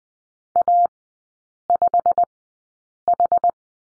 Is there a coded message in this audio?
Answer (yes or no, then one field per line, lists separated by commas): yes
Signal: Morse code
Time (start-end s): 0.6-3.5 s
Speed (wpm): 20 wpm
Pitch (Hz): 700 Hz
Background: none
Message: A5H